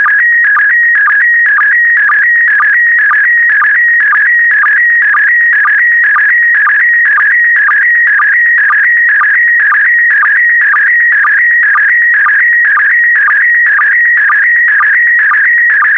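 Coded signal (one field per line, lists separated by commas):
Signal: SSTV (slow-scan television)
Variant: PD120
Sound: warbling whistle-like tone around 2 kHz with rhythmic low blips twice a second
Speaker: the next image transmission will start in 10 seconds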